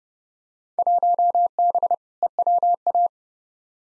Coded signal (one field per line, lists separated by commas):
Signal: Morse code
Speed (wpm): 31 wpm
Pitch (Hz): 700 Hz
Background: none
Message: 1B EWA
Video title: Field Day Exchange v2 - 30wpm